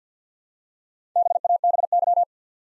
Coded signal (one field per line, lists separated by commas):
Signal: Morse code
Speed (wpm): 50 wpm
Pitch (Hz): 700 Hz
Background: none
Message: BABY